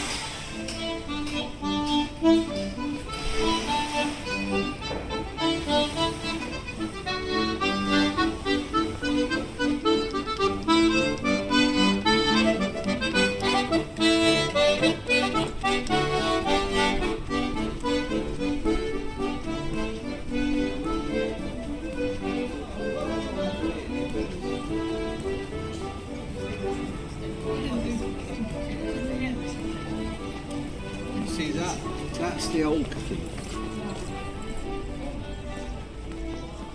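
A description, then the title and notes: An accordionist plays a tune outdoors, the reedy notes shifting steadily in a lively, continuous melody with a rhythmic lower accompaniment. The playing stays at an even level throughout, while faint voices and general square noise sit underneath. We close the soundscape with the tunes played by accordionist Andrew, on route towards Holy Trinity Church. The recordings were captured using a binaural microphone between January and April 2022.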